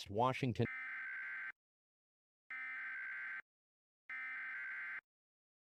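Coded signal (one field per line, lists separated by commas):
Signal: Emergency Alert System (SAME) tones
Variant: header bursts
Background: speech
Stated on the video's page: Fictional mock alert, simulated.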